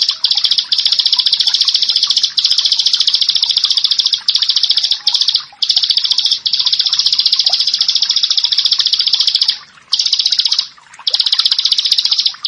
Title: Ciblek Sawah